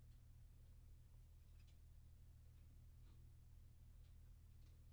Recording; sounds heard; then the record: poultry house recording; no chicken sound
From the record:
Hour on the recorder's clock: 22